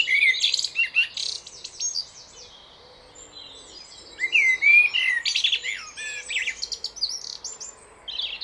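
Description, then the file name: Common blackbird singing two phrases separated by a pause, with a third starting at the end; mellow fluted whistles mixed with high, scratchy twitters. "Turdus merula"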